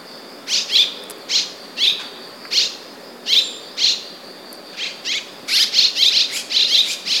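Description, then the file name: Red-rumped swallow giving short harsh chirps in loose series, with quick doubled notes toward the end. "Rostgump"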